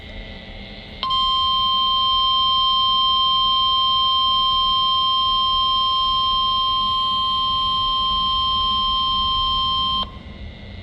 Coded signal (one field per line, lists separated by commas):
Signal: Emergency Alert System (SAME) tones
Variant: 1050 Hz attention tone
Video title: The Rest of June's Tests (New EAS 1,095-1,100)